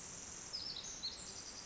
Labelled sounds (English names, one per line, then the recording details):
Pacific Wren
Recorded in Sonoma County, California